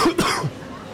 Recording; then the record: coughing mixed with background sound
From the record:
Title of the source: Coughing 46